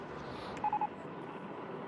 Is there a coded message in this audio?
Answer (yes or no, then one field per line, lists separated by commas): no